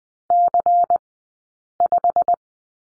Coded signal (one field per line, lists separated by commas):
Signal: Morse code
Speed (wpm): 20 wpm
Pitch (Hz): 700 Hz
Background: none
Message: C5